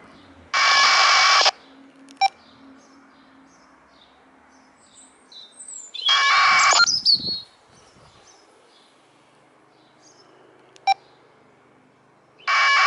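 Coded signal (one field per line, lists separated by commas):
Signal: packet radio (AX.25, as in APRS)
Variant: 1200 baud AFSK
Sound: three roughly one-second harsh buzzing data bursts separated by quiet, with short beeps between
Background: radio squelch beeps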